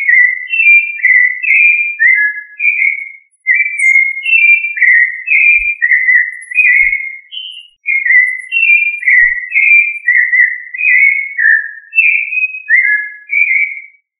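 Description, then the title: Thrush singing a long run of clear whistled notes, each phrase slurring up or down, repeated in bursts separated by short pauses, with faint low thumps. Family Turdidae. "Familia Turdidae - Sabia"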